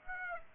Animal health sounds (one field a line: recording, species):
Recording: mosquito wingbeat signal from an infrared sensor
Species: Aedes aegypti